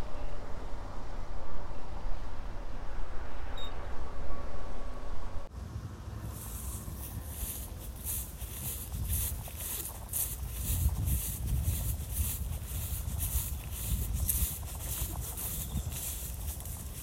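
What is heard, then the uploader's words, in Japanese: Weeding in a carrot bed on a late-summer morning. For the first five seconds a low, steady rumble dominates with faint scraping. After that, sharp, bright clicks repeat in a quick, even rhythm, like snipping blades, over a soft, rustling low background. 残暑の午前中 人参中耕と除草。32℃\\23 ℃/晴れのち曇り。クワで通路の草を取り払い、ハサミで人参の近くに生えた大きめの草を切り、さらに草抑えと土の中に空気を送るため軽くスジ蒔きした人参の列の間を耕します(中耕)。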